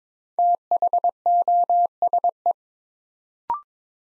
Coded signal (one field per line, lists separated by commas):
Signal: Morse code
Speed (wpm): 22 wpm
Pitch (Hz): 700 Hz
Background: none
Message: THOSE